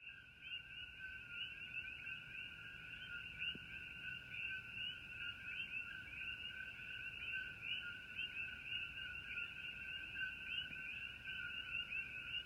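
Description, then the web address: Coquí frogs in a dense chorus, overlapping calls merging into an unbroken high ringing wash that holds steady throughout. Coquí frogs calling together at night. "starry night coqui frogs ambiance"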